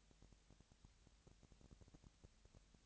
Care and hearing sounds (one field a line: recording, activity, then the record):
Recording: daily activity, microphone in the room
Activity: no activity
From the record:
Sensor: 3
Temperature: 20.6 degrees Celsius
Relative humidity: 35.7%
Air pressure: 998.8 hPa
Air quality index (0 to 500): 236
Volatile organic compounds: 72 ppm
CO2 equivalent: 3536 ppm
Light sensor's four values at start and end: 2/3/2/2 and 2/3/2/2